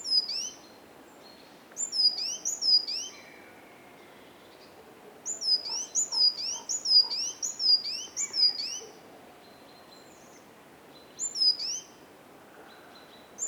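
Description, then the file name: Great tit repeating a thin, high two-part phrase in rapid series, with pauses between bouts; faint lower chirps and a hissy background are also heard. "Parus major"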